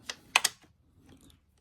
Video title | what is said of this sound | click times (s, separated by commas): Review of AOPENG 5 step A-Frame Telescoping Extension Ladder | As you pull this up and lock it in place, then it will actually turn green. | 0.4 s